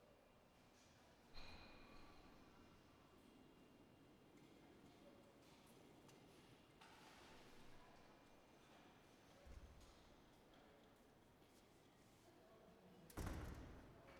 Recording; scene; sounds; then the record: everyday scene through a hearing-aid microphone; reverberant space; background noise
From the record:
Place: railway station hall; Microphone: behind the ear, right, rear